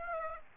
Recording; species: mosquito wingbeat signal from an infrared sensor; Aedes aegypti